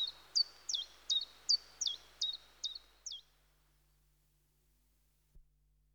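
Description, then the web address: Common chiffchaff song of about eight crisp, high, down-slurred notes at a brisk, even pace, then quiet with a single soft knock near the end. "The BBC Sound Effects Library. Chiffchaff"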